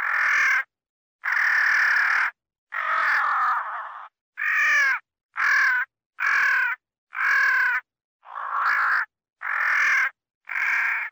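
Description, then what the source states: Crow calling with rough, raspy caws, roughly ten over eleven seconds, some drawn out longer, others clipped and strained, spaced irregularly. Crow calling while fighting.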